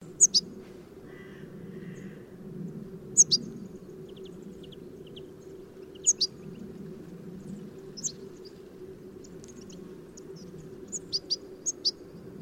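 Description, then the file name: European goldfinch calls: sharp, high paired chirps every few seconds, with a quick cluster of tinkling notes at the end, over a constant low droning hum. "Carduelis carduelis"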